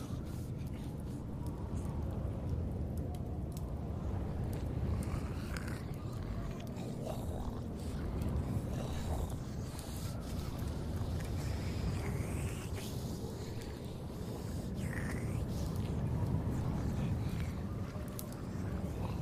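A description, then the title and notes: A zombie apocalypse ambience built on a dense, steady low rumble that holds an even level throughout. Scattered knocks and crackles break through irregularly, and faint groan-like calls rise briefly around seven to nine seconds and again near fifteen seconds. Zombie apocalypse ASMR Ambience.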